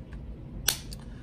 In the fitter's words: kind of a recess that way and recess this way and you can see here it really snaps into both positions with authority boom that is locked into place